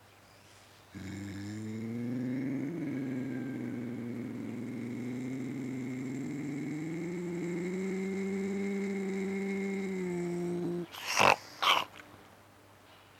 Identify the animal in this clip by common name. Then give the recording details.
Ocelot. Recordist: Tembrock, Günter. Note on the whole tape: Männchen: Dehnungslaute